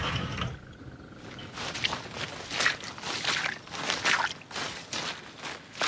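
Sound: footsteps walking outdoors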